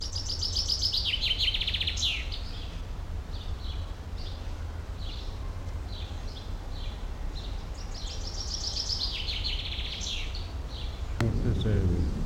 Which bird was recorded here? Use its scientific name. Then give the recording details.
Fringilla coelebs. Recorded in the wild. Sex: male. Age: adult. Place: Tierpark Berlin, Berlin, DE. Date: 1994-07-09 13:20. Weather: heiter, 16-20°C, böiger Wind. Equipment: Marantz CP 430, Sennheiser ME 80, Kopie Uher Variocord 263. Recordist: Tembrock, Günter. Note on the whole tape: Gesang - freifliegend